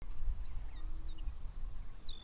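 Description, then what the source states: Savannah sparrow song: thin high chip notes lead into a long, level, buzzy high trill, then a short lower buzz at the end, over low rumbling background noise. Whole song recorded in June.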